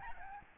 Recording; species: mosquito wingbeat signal from an infrared sensor; Aedes albopictus